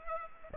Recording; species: mosquito wingbeat signal from an infrared sensor; Culex pipiens